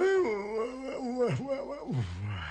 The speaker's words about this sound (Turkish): Koltuğunda şöyle bir şekerleme yapayım derken açtı kapıyı. Esnemesinin en güzel anındaydı komiser.